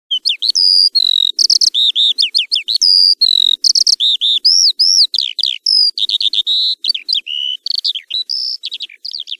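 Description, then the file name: Eurasian skylark song, a rapid stream of high chirps, trills and slurred whistled notes with only brief gaps; no other sounds. "allodola"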